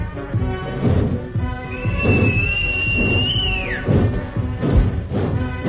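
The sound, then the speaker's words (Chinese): A single long, high mouth whistle, blown to a distant railway switchman as a train is about to depart, holds a steady pitch for about two seconds, then slides downward at the end, heard over a busy, rhythmic clattering background. “小坡赶紧向远处的扳道员吹口哨。”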